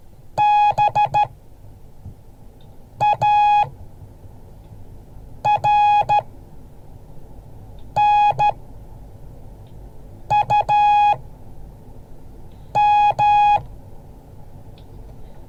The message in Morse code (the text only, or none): BARNUM